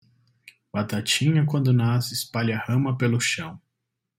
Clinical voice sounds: short text; Brazilian Portuguese; male; 40 to 49 years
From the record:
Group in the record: control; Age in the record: 42 years

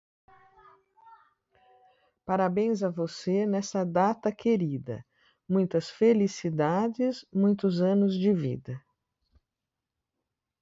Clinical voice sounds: short text; Brazilian Portuguese; female; 60 to 69 years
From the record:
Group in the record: control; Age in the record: 60 years

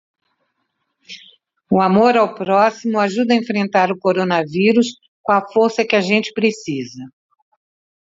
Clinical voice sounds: spoken sentence; Brazilian Portuguese; female; 60 to 69 years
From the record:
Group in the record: control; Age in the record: 68 years

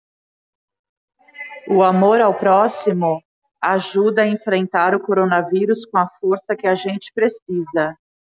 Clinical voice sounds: spoken sentence; Brazilian Portuguese; female; 40 to 49 years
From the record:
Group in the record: control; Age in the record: 45 years

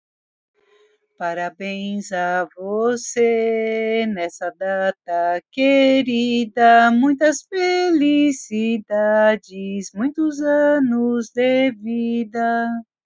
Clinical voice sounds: short text; Brazilian Portuguese; female; 50 to 59 years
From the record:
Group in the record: control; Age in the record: 58 years

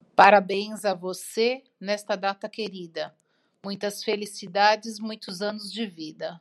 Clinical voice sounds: short text; Brazilian Portuguese; female; 50 to 59 years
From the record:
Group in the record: control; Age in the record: 50 years

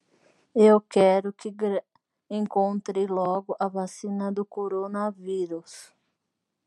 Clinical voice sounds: short text; Brazilian Portuguese; female; 40 to 49 years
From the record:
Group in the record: control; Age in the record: 43 years

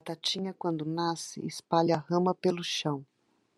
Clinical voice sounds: short text; Brazilian Portuguese; female; 50 to 59 years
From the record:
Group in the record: control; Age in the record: 51 years

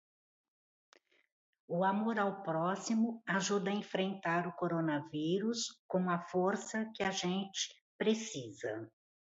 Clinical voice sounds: spoken sentence; Brazilian Portuguese; female; 60 to 69 years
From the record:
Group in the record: control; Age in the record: 67 years

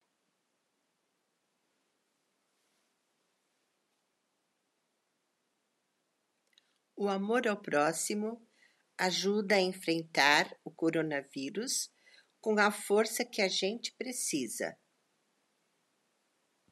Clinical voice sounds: spoken sentence; Brazilian Portuguese; female; 60 to 69 years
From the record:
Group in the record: control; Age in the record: 64 years

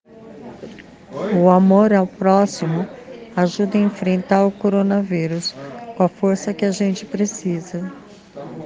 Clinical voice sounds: spoken sentence; Brazilian Portuguese; female; 50 to 59 years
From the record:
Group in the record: respiratory insufficiency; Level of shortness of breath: 5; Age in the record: 54 years

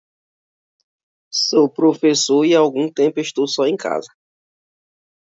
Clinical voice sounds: short text; Brazilian Portuguese; male; 30 to 39 years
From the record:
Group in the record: control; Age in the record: 39 years

